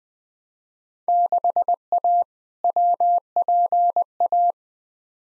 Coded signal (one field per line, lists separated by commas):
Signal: Morse code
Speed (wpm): 21 wpm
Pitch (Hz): 700 Hz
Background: none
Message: 6A WPA